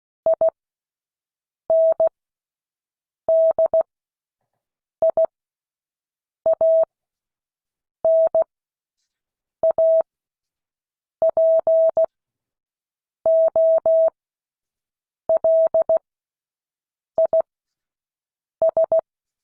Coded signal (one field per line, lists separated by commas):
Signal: Morse code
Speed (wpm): 16 wpm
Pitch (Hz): 650 Hz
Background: none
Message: INDIANAPOLIS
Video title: Morse code class 2022 11 18